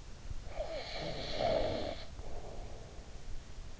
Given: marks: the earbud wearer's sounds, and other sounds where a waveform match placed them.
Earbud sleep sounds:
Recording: sounds in sleep by an in-ear microphone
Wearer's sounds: snoring breath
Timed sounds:
0.28-3.21 s: snoring breath

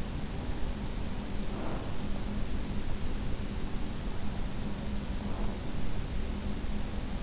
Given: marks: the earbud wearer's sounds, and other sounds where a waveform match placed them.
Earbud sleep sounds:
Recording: sounds in sleep by an in-ear microphone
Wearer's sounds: breath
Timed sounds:
1.14-2.31 s: breath
5.20-5.94 s: breath

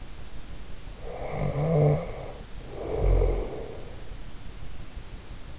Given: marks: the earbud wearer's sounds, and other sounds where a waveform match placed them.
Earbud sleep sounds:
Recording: sounds in sleep by an in-ear microphone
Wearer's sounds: snoring breath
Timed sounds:
0.93-3.99 s: snoring breath

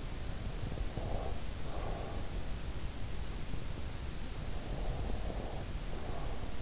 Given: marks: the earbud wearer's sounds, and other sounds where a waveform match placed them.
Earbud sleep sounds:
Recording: sounds in sleep by an in-ear microphone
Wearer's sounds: breath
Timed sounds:
0.80-2.38 s: breath
4.47-6.62 s: breath

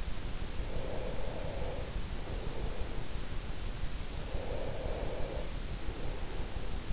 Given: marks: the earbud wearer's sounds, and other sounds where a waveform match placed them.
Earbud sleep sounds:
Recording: sounds in sleep by an in-ear microphone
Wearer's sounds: breath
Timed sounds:
0.73-3.10 s: breath
4.26-6.93 s: breath

